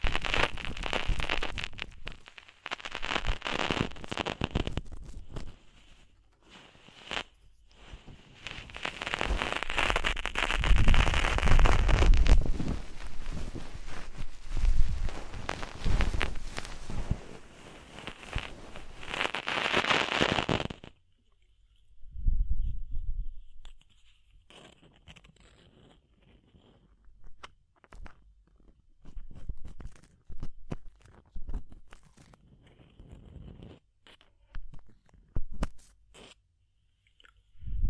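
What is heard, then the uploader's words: Ear cleaning sounds made right against the microphone: dense, crackling scratches and rubbing fill the first twenty seconds, with a thick low rumble and bursts of rustle. After that it thins to sparse, quiet pops and short scrapes separated by near silence. ASMR DEEP Ear Penetrating Cleaning (No Talking).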